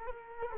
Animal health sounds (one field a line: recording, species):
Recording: mosquito wingbeat signal from an infrared sensor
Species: Culex quinquefasciatus